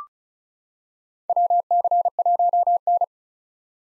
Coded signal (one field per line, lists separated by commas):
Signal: Morse code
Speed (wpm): 34 wpm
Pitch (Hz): 700 Hz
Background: none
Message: WC1N